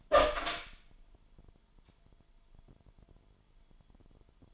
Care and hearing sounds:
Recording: daily activity, microphone in the room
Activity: open door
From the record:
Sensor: 5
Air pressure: 998.5 hPa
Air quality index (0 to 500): 82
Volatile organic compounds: 1 ppm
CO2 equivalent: 932 ppm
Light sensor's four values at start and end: 30/74/30/34 and 31/74/31/34

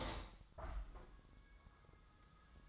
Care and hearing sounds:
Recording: daily activity, microphone in the room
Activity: open window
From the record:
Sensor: 3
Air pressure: 1004.6 hPa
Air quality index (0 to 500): 85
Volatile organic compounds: 2 ppm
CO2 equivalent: 1290 ppm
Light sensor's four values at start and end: 7/16/6/6 and 7/17/6/6

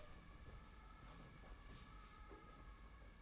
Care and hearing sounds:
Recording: daily activity, microphone in the room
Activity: open door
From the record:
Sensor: 1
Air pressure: 991.6 hPa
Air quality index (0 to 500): 125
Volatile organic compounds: 298 ppm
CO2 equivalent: 4477 ppm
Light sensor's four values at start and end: 33/109/42/43 and 33/108/42/43

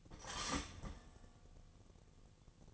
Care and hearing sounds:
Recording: daily activity, microphone in the room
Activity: start toaster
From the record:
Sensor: 4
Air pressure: 1001.1 hPa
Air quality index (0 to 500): 151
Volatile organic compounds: 2 ppm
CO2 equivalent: 1109 ppm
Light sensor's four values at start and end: 18/41/17/19 and 17/40/17/18

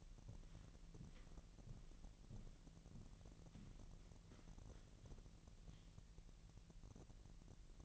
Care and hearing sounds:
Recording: daily activity, microphone in the room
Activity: walk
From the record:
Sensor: 4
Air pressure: 1003.0 hPa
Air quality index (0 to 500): 247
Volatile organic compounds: 27 ppm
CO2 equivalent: 2876 ppm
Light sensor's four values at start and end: 8/17/7/7 and 8/17/7/7

